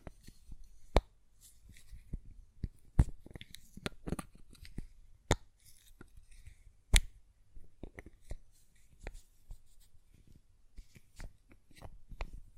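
Sharp glassy taps on a perfume bottle arrive irregularly, some louder clicks near three, five and seven seconds, with soft lid rustling between.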